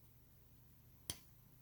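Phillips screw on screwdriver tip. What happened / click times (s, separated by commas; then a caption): A tight-fitting screw pops off a screwdriver tip / 1.1 s. A screw held tightly on a gritted Phillips screwdriver tip is pulled free. Over a quiet, steady low hum, a single sharp pop is heard at 1.1 s as the tight-fitting screw releases from the tip.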